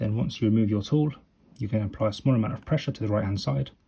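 Someone talks while a plastic right arrow keycap is handled on a MacBook Pro A2141, A2251, A2289 or A2338 M1 & M2 (2019–2022) laptop keyboard; after the pry tool is removed, light pressure on the right-hand side begins pressing the keycap back onto its scissor clip. Nothing has seated or clicked yet.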